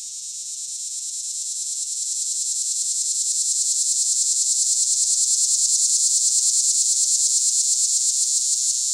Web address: The Songs of Insects. Linne's Cicada